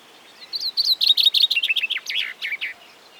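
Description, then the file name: Common chaffinch song: a couple of opening notes, then a fast, rattling series that drops in pitch and closes with a brief flourish. The background is quiet. "Fringilla coelebs"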